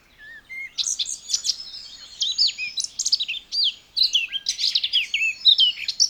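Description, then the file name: Eurasian blackcap with a soft, low whistled note, then a busy, varied warble of high slurred and chirping notes broken by brief pauses. "Sylvia atricapilla"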